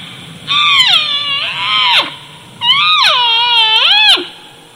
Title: Early Rut Total Eclipse Elk Vocalizations